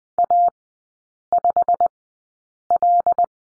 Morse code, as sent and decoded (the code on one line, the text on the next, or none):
.- ..... .-..
A5L